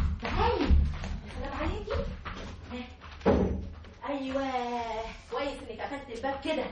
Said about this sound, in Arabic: ايوه كويس انك قفلت الباب كده.